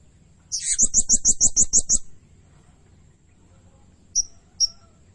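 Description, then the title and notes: Blue-crowned hanging parrot: one rapid, piercing high trill, followed by two separate short sharp chips. Lure and training recording of energetic, constantly calling blue-crowned hanging parrot, sung in the rapid 'nembak' style. "Burung Serindit Nembak Gacor. Suara Nasteran Dan Pemikat Burung Serinditan Gacor"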